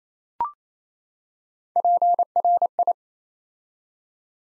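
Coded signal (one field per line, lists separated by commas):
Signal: Morse code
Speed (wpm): 28 wpm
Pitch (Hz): 700 Hz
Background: none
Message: PRI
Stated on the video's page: Morse code practice at 28 wpm building six-letter words three letters at a time, for instant character recognition training.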